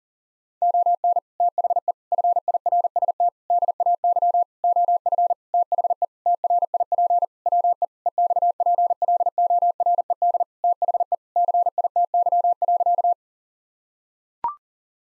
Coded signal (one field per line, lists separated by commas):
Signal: Morse code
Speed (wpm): 38 wpm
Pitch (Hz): 700 Hz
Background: none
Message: ON THE FIRST DAY OF THE TRIP WE EXPLORED THE CITY.